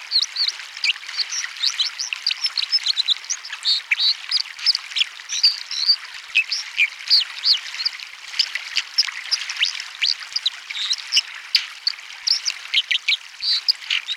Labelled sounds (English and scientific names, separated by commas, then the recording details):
White-throated Dipper (Cinclus cinclus) song
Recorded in the wild
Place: Buchheim im Breisgau / Fluss Dreisam, Baden-Württemberg, DE
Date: 1976-01-25
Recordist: Schwarz, Dieter